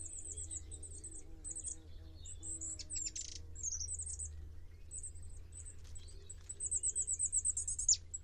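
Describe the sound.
Bird trills and chirps: high pulsing trills repeat in bouts, mixed with sharp chirps and a final steep downslurred note, over low rumble.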